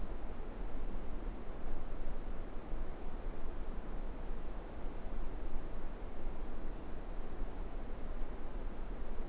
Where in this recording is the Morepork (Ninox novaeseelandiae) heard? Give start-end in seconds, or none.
none